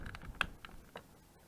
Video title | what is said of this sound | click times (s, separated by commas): Renault Trafic How To Replace Door Chatch | When you hear a click, it's in its place. | 0.4 s